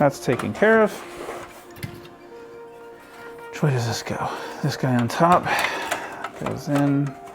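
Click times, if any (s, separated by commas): none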